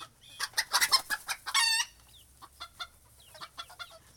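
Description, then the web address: Chickens clucking in quick bursts, then a loud, harsh, drawn-out squawk, followed by softer scattered clucks and a brief high note. Chickens in a henhouse in the countryside. "Geraeusche Auf dem Land hühnerstall"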